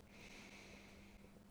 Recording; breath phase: one breath near a microphone; inhalation